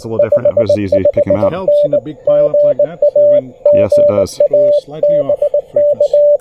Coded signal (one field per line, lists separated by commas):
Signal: Morse code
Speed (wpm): 19 wpm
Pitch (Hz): 580 Hz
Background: speech, radio noise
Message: 55N GA GA BK